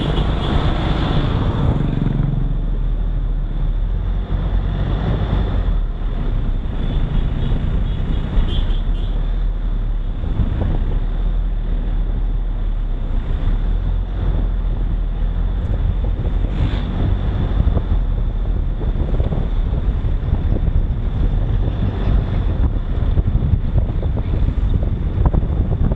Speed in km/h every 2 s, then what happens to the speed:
15, 19, 23, 24, 23, 24, 27, 28, 28, 31, 33, 33, 33.
0-20 speeds up to 33. 20-26 steady at about 33.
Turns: none.